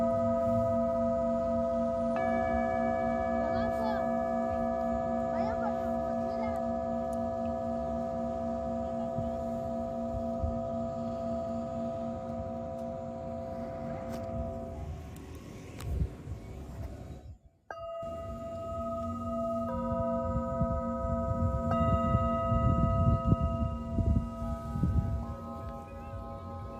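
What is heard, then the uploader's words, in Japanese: Singing bowls ring in a long, steady sustained hum, several pure tones layered over a low throb, swelling with slow wavering. Around fifteen seconds the sound thins and briefly drops out near seventeen seconds, then a bowl is struck again and rings on with soft rumbling underneath. メキシコから シンギングボウルのサウンドヒーリング ライブ。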